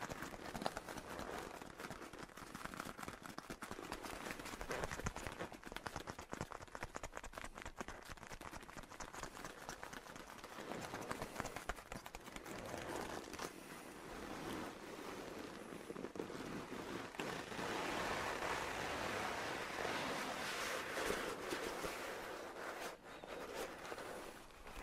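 Leather coat rustles and creaks continuously, with dense crackling and quick irregular taps running through all 25 seconds. The rubbing gets slightly fuller and brighter from about 17 to 23 seconds, then eases toward the end.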